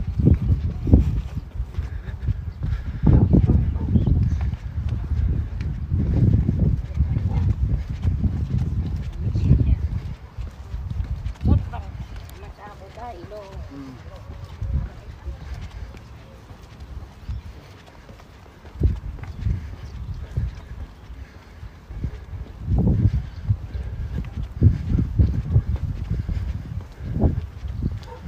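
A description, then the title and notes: Footsteps walking outdoors, a steady run of low thuds that comes heavily in the first ten seconds, then eases into a quieter stretch. Around 12–14 seconds a brief voice or call rises above the ground noise, and the heavier steps return near 23–27 seconds. City Park Sounds. Walking In Modiin, Israel.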